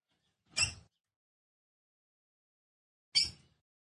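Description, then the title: Red-cowled cardinal, female, gives two short, sharp chirps about two and a half seconds apart, with silence in between. Female song, described as fiery and nervous, said to excite the male red-cowled cardinal quickly. "CANTO DA FÊ MEA GALO CAMPINA FOGOSA LEVANTA FOGOESQUENTA GALO CAMPINA MACHO RAPIDINHO FÊ MEA NERVOSA"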